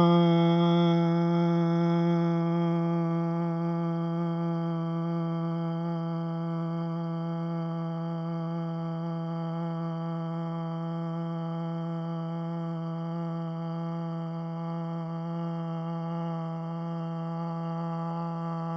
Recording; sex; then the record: sustained vowel /a/; male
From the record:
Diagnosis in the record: Parkinson's disease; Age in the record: 71 years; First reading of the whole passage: 62 s, 8.3 characters per second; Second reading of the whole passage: 53 s, 9.9 characters per second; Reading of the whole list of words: 66 s, 4.2 characters per second